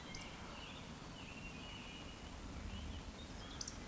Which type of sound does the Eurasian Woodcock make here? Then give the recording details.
whistle. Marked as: whistle, whistle. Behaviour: display flight. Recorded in Baden-Württemberg, Germany, on 13 June 2020 at 19:41 UTC. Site 14569, 102 m above sea level